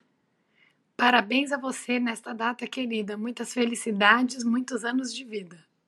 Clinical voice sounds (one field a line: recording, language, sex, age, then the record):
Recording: short text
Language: Brazilian Portuguese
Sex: female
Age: 40 to 49 years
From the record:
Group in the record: control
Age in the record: 42 years